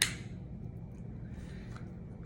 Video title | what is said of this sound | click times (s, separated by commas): How to use your Topi-Click and/ or dispense your Troche - M.A.C. | this bottom actually rotates like a deodorant stick so you will rotate it until you hear one click | 0.0 s